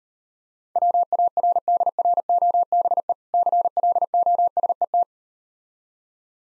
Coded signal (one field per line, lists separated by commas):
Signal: Morse code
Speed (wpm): 38 wpm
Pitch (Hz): 700 Hz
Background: none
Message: WARDROBE CLOSET